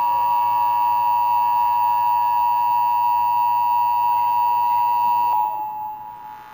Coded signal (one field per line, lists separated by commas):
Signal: Emergency Alert System (SAME) tones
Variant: 853 and 960 Hz attention tone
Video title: The Bittersweet Disaster [EAS]